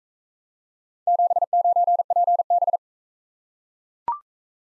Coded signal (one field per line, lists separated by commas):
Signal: Morse code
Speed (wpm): 41 wpm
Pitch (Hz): 700 Hz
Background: none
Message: 79PB